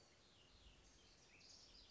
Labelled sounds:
House Wren (Troglodytes aedon)
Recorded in Sonoma County, California

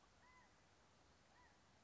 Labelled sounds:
California Quail (Callipepla californica)
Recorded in Sonoma County, California

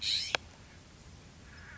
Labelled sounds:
California Scrub-Jay (Aphelocoma californica)
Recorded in Sonoma County, California

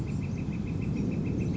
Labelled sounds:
Northern Flicker (Colaptes auratus)
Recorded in Sonoma County, California

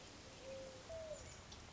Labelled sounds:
Mourning Dove (Zenaida macroura)
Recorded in Sonoma County, California

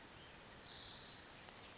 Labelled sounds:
Orange-crowned Warbler (Leiothlypis celata)
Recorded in Sonoma County, California

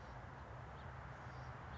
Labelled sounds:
House Finch (Haemorhous mexicanus)
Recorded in Sonoma County, California

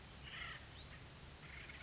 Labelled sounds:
Acorn Woodpecker (Melanerpes formicivorus)
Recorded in Sonoma County, California

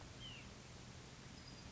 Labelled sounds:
White-breasted Nuthatch (Sitta carolinensis)
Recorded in Sonoma County, California

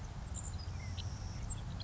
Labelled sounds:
Savannah Sparrow (Passerculus sandwichensis)
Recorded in Sonoma County, California

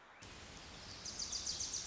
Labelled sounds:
Wilson's Warbler (Cardellina pusilla)
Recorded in Sonoma County, California

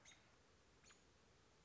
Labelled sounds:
American Robin (Turdus migratorius)
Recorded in Sonoma County, California

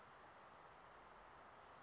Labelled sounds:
Chestnut-backed Chickadee (Poecile rufescens)
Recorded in Sonoma County, California

